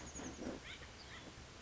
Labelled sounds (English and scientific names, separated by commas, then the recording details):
Chestnut-backed Chickadee (Poecile rufescens)
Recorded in Sonoma County, California